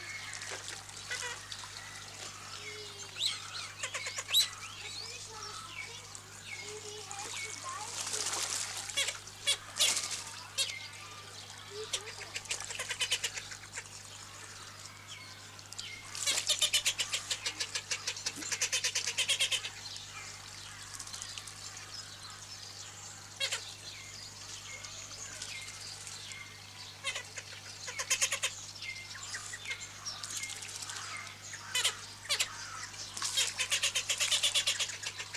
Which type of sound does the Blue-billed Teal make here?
aggressive call